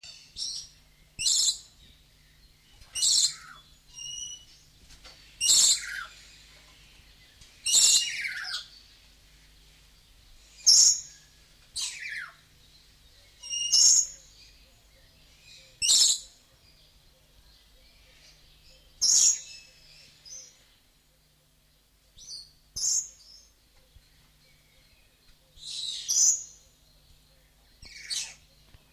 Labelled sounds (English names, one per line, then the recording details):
Dusky Lory call
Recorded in captivity
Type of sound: call
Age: adult
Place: Zoo Magdeburg, Sachsen-Anhalt, DE
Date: 1989-05-12 11:43
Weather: overcast, intermittent rain, 12°C
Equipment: Sony WM-D6C, Kopie 19 cm
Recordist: Tembrock, Günter
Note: Rufe